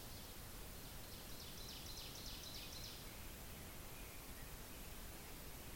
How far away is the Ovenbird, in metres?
about 45 m